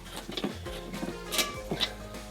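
A torque wrench tightens a mounting bolt on a rooftop RV air conditioner, worked in a diamond pattern and taking more turns after the other sides were torqued. Short ratcheting ticks sound over a steady tonal background hum, then the wrench gives a sharp click at 1.8 s as it reaches its setting, and the bolt is torqued.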